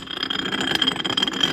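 The screw of a trailer jack is worked in its square steel drive nut, whose thread is stripped. The thread slips with a series of rattling clicks at about 0.8, 0.8, 1.1, 1.2, 1.2 and 1.4 seconds. The stripped nut does not hold on the screw.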